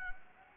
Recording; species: mosquito wingbeat signal from an infrared sensor; Anopheles gambiae